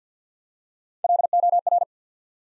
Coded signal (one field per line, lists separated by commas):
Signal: Morse code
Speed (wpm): 51 wpm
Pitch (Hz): 700 Hz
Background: none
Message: LOR